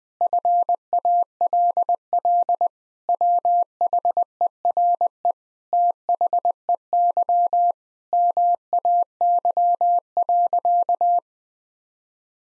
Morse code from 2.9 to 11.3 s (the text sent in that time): WHERE THEY MAY.